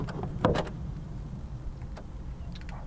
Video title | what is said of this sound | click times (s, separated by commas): Rivian R1T Review | and i heard the click so | 0.5 s